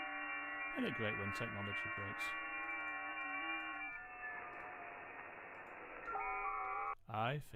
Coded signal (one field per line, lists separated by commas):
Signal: FT8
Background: speech